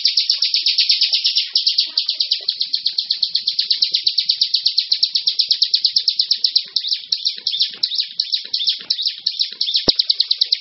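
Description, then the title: Bar-winged prinia giving a continuous high, rattling trill of fast repeated notes for about ten seconds. A single sharp click sounds near the end. "Suara Burung Ciblek"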